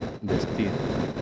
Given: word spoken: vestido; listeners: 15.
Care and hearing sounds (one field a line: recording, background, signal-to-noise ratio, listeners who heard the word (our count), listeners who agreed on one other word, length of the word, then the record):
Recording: one Spanish word in noise, from a listening test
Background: noise modulated by three-talker babble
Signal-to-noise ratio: -3.1 dB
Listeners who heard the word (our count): 1 of 15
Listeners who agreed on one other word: 7 of 15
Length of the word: 0.82 s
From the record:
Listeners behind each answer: 7, 5, 1, 1, 1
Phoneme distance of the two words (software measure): 17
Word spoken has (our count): 3 syllables, 7 phonemes, stress on syllable 2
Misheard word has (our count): 2 syllables, 6 phonemes, stress on syllable 2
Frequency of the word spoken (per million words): 46.28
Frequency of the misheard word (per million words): 10.85